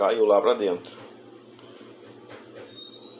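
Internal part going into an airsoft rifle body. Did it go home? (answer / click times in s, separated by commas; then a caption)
no / none. Someone talks briefly while reassembling an airsoft M16 rifle after fitting a power plenum, as a small internal part falls inside the body. A faint hum runs under the clip, with one short knock-like sound at about 1.6 s as the part is worked into place. The part has not seated and no click is heard.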